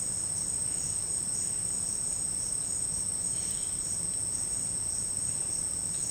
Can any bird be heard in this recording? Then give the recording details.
yes. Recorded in secondary vegetation near Puerto Asís, Putumayo, Colombia, on 19 March 2025 at 11:00. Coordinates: 0.502, -76.326. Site G100